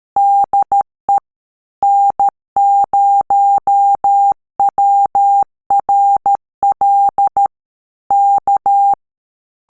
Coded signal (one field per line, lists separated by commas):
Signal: Morse code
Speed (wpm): 13 wpm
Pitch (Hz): 800 Hz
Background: none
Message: DE N0WRL K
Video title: Learn Morse Code FAST! How to Start Sending & Receiving CW